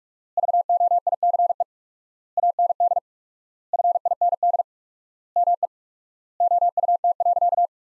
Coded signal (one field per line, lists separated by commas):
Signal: Morse code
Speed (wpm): 46 wpm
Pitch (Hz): 700 Hz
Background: none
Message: VOICE AND FIND ME OUT.